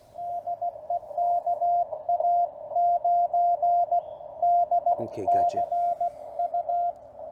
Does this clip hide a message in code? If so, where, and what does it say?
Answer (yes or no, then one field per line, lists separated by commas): yes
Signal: Morse code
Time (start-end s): 0.2-6.9 s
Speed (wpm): 17 wpm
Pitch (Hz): 690 Hz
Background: speech, radio noise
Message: DE KA9DCU